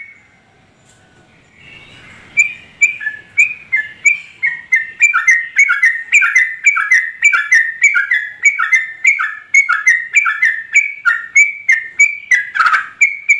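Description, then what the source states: Yellow-vented Bulbul song: after a quiet start, it builds into a steady stream of quick bubbly phrases, repeated rapidly to the end. Trucukan singing vigorously (gacor) in rapid continuous delivery (ropel), its song filled with material taken from other birds (isian).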